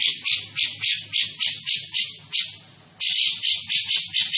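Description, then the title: Grey-cheeked bulbul giving a steady stream of loud, buzzy rasps, nearly four per second, with a brief drop before resuming. Bird vocalising actively and persistently (gacor), with a dense and clear voice. "Cucak Jenggot Gacor, Suara Rapat Dan Jernih"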